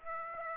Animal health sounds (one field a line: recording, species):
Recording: mosquito wingbeat signal from an infrared sensor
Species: Aedes aegypti